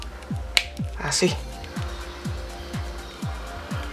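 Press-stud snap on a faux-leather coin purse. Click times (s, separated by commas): 0.6 s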